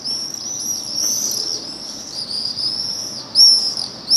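Swift giving shrill, high buzzy screams that overlap almost without pause, with a few louder sharp screeches near the end.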